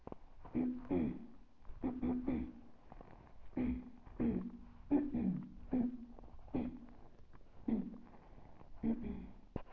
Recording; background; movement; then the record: throat clearing; quiet; sitting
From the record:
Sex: female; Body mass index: 22.6 kg/m2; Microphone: on the chest, facing the body